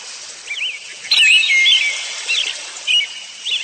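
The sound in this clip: Bird song: high, thin chirps and twittering whistles, with a brighter warbled phrase in the middle and short repeated notes after it.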